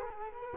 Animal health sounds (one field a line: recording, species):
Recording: mosquito wingbeat signal from an infrared sensor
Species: Culex quinquefasciatus